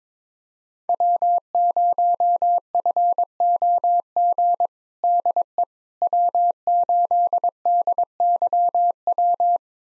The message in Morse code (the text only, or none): W0FOG DE W8DYW